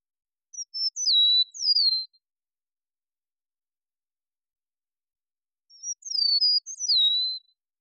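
Eastern meadowlark song: two phrases of clear, slurred whistles sliding downward, given about five seconds apart, against an otherwise silent background.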